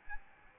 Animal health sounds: mosquito wingbeat signal from an infrared sensor; Aedes albopictus

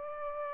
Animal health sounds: mosquito wingbeat signal from an infrared sensor; Aedes aegypti

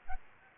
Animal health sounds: mosquito wingbeat signal from an infrared sensor; Aedes albopictus

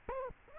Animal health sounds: mosquito wingbeat signal from an infrared sensor; Aedes aegypti

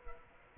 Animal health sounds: mosquito wingbeat signal from an infrared sensor; Culex quinquefasciatus

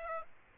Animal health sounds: mosquito wingbeat signal from an infrared sensor; Aedes aegypti

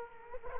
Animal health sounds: mosquito wingbeat signal from an infrared sensor; Culex quinquefasciatus

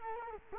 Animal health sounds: mosquito wingbeat signal from an infrared sensor; Culex quinquefasciatus

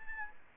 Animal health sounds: mosquito wingbeat signal from an infrared sensor; Anopheles arabiensis

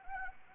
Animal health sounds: mosquito wingbeat signal from an infrared sensor; Anopheles arabiensis

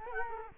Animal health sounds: mosquito wingbeat signal from an infrared sensor; Culex quinquefasciatus

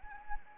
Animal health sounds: mosquito wingbeat signal from an infrared sensor; Anopheles arabiensis

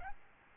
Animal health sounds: mosquito wingbeat signal from an infrared sensor; Aedes albopictus

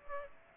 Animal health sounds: mosquito wingbeat signal from an infrared sensor; Aedes aegypti

